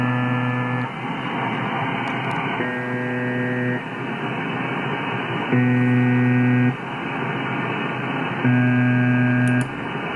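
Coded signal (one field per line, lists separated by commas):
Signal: channel marker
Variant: UVB-76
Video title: UVB 76 / UZB 76 The Buzzer - Emulation using Spectrum Lab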